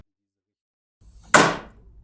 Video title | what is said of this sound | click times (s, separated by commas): EN Snapmaker U1: Relocating the Pre-Feeders to Fit a 50cm Pax Cabinet | To release them, they need to be pushed horizontally with some force until you hear a loud click. | 1.3 s